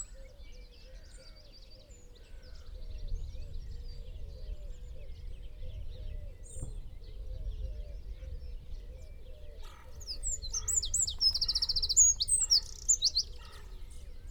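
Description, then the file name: Eurasian wren song bursts in near the ten-second mark, a rapid, high-pitched rattling trill with sharp chips, following a long stretch of faint low notes and background rumble. "Troglodytes troglodytes"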